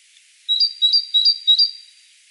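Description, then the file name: Great tit producing a run of four ringing two-note phrases, low then high, in a steady rhythm with a calm, quiet background. "Parus major"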